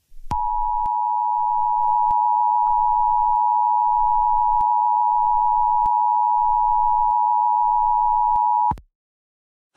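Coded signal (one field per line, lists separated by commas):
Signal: Emergency Alert System (SAME) tones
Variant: 853 and 960 Hz attention tone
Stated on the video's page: Made-up alert scenario about a DDoS attack, self-created.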